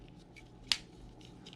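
A plastic piece of a Transformers Earthrise Astrotrain figure is pushed back into its socket on the figure after being popped apart. One sharp, bright click at 0.7 s stands out above faint scattered ticks and low background noise. The piece is seated securely in place.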